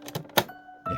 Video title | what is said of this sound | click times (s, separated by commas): 캡슐 커피머신 고장 수리 영상입니다. This is a video on repairing a malfunction of a capsule coffee machine. | 됐습니다 딱 맞추면 된 거죠 | 0.4 s